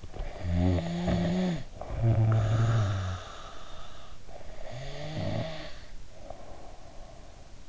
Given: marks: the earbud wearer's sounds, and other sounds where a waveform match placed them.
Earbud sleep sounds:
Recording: sounds in sleep by an in-ear microphone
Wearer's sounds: snoring breath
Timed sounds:
0.23-4.21 s: snoring breath
4.72-7.69 s: snoring breath

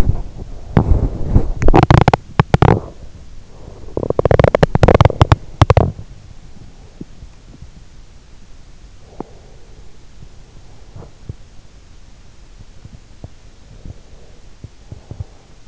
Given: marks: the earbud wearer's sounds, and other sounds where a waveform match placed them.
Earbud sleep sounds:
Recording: sounds in sleep by an in-ear microphone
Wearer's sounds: teeth grinding, body movement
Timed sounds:
0.00-6.40 s: teeth grinding
6.91-15.68 s: body movement

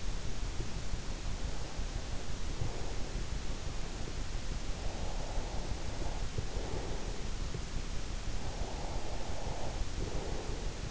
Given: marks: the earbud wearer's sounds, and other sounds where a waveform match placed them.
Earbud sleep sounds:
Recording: sounds in sleep by an in-ear microphone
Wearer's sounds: breath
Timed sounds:
2.51-3.56 s: breath
4.75-7.28 s: breath
8.37-10.91 s: breath

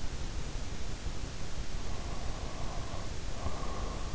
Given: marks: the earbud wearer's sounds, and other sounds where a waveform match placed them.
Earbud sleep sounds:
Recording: sounds in sleep by an in-ear microphone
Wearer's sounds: breath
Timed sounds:
1.88-4.14 s: breath

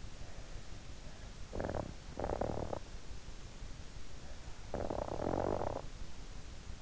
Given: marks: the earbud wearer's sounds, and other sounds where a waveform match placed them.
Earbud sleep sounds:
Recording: sounds in sleep by an in-ear microphone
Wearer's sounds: snoring breath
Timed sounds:
1.11-3.45 s: snoring breath
4.35-6.39 s: snoring breath

